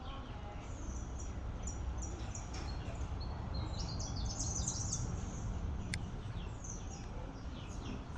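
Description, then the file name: Bird song, a burst of rapid high chirps near the middle and scattered thin notes elsewhere, over continuous low ambient noise. Recorded in a school yard. "oiseau cour ecole"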